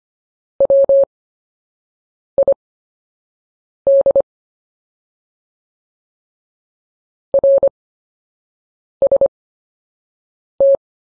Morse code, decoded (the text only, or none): WID RST